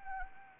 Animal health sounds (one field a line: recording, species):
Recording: mosquito wingbeat signal from an infrared sensor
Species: Anopheles arabiensis